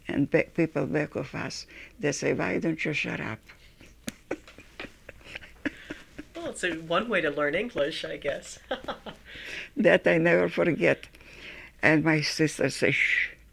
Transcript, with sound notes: and people back of us, they say, "why don't you shut up?" [Laughs]
Well, it's one way to learn English, I guess. [Laughs]
That I never forget and my sister say, "Sh...."